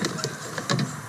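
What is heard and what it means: A plastic door trim panel is pried off the door of a 2010 Mazda3, and its retaining clips pop out one after another, with sharp pops at 0.1, 0.2, 0.6, 0.7 and 0.8 seconds. The panel clips are released from the car door.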